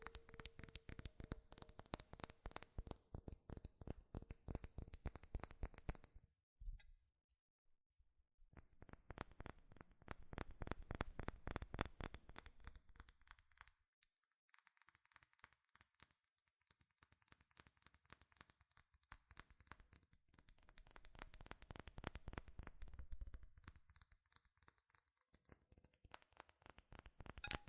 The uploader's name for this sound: FAST & FURIOUS TAPPING Metal Sounds